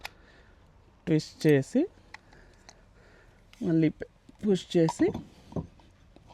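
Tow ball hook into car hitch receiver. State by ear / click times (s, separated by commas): seated / 5.6 s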